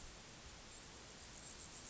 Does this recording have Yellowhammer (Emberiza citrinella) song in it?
no